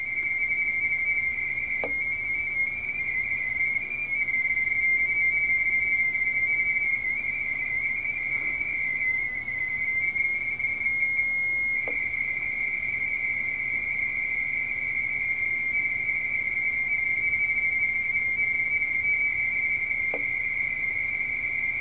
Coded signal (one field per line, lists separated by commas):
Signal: RTTY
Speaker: It's that PY2. He just keeps calling and calling. Print is getting pretty poor here.